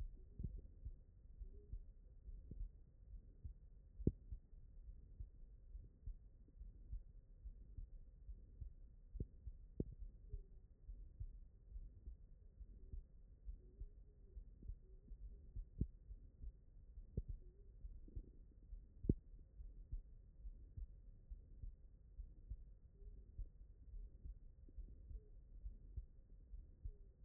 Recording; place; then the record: heart sounds by stethoscope; mitral valve (MV)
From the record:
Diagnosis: HFrEF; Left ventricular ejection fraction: 21%